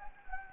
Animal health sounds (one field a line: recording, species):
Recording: mosquito wingbeat signal from an infrared sensor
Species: Anopheles gambiae